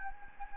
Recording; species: mosquito wingbeat signal from an infrared sensor; Anopheles gambiae